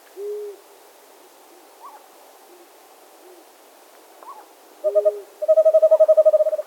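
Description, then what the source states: Western Screech Owl calling: a rapid run of even notes at the end, after a few scattered soft notes. Two birds in Washington State; double trill, likened to a bouncing ball, possibly male; softer begging whinny likely female.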